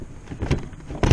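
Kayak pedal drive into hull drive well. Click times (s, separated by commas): 1.0 s, 1.1 s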